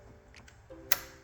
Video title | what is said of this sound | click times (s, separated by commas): 2023-2025 JEEP COMPASS LT (2.0L GME T4) Replace Positive Crankcase (PCV) Ventilation Valve | There you go, you guys heard the click, and then also you want to try to pull it out, make sure that it's locked in. | 0.9 s